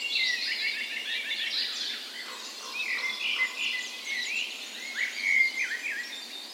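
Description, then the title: Birds: bird dawn chorus with rapid high trills early on, then several whistled, swooping phrases from different singers over steady background hiss. Dawn chorus in spring, morning of 17 May, Norway's National Day, in a park west in Bergen, Norway; recorded with Sony PCM A10 and LOM micro Usi microphones as tree ears. "17th Of May Dawn Chorus"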